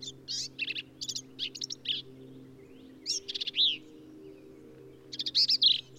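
Black-capped vireo: clusters of high buzzy and squeaky notes in quick phrases, with pauses between bursts, low hum in the background.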